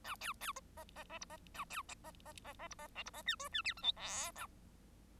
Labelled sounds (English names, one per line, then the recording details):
Bengalese Finch song
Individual Bird1